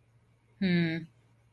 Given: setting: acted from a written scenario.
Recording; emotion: vocal sound without words; neutral